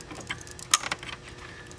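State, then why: Seated. A pump power cable connector, lined up flat side first, is pushed into the pump one slot on a spa control board. A few light ticks lead up to a sharp click at 0.7 s as the connector seats, followed by a couple of smaller taps. The connector is seated snugly in the slot, and a tug on the cord confirms it holds.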